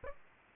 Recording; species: mosquito wingbeat signal from an infrared sensor; Aedes aegypti